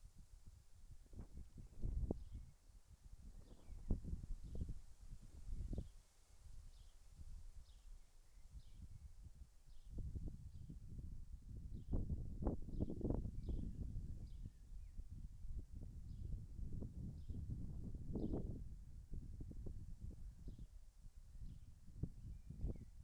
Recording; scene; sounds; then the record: everyday scene through a hearing-aid microphone; wind on the microphone; wind, birds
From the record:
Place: in front of a rural house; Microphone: behind the ear, left, rear